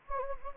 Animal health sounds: mosquito wingbeat signal from an infrared sensor; Anopheles gambiae

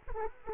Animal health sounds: mosquito wingbeat signal from an infrared sensor; Culex quinquefasciatus

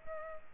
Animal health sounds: mosquito wingbeat signal from an infrared sensor; Culex pipiens

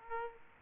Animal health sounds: mosquito wingbeat signal from an infrared sensor; Aedes aegypti

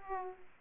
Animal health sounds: mosquito wingbeat signal from an infrared sensor; Aedes aegypti

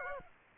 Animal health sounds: mosquito wingbeat signal from an infrared sensor; Aedes aegypti

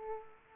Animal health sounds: mosquito wingbeat signal from an infrared sensor; Aedes aegypti

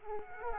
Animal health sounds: mosquito wingbeat signal from an infrared sensor; Aedes aegypti

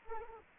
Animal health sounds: mosquito wingbeat signal from an infrared sensor; Anopheles arabiensis

